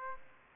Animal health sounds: mosquito wingbeat signal from an infrared sensor; Aedes aegypti

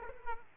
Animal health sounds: mosquito wingbeat signal from an infrared sensor; Aedes aegypti

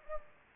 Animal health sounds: mosquito wingbeat signal from an infrared sensor; Anopheles gambiae

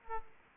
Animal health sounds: mosquito wingbeat signal from an infrared sensor; Aedes aegypti

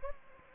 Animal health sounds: mosquito wingbeat signal from an infrared sensor; Anopheles gambiae

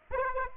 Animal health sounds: mosquito wingbeat signal from an infrared sensor; Aedes aegypti

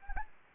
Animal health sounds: mosquito wingbeat signal from an infrared sensor; Anopheles gambiae

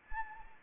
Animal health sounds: mosquito wingbeat signal from an infrared sensor; Anopheles arabiensis

